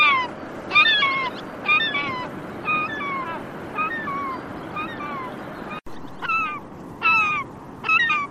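Bird calls, nasal downslurred notes given irregularly and sometimes overlapping, over a rough background hiss.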